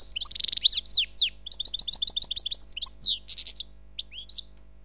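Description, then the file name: Bird singing a fast, high-pitched twitter of short trills and down-slurred chirps, pausing briefly before a few final scattered notes. "Seyreh - Bird Sound"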